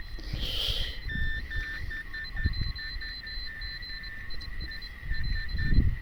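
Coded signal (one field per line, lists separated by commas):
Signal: Morse code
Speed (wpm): 10 wpm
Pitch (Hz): 1800 Hz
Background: none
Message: 73 ES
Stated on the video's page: CW contact on a British military UK/RT 320 radio with a mobile station 37 km away.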